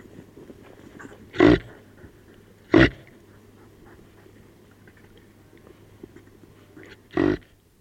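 Reindeer grunting three times, brief harsh calls spaced a second or more apart, with a low steady hum underneath.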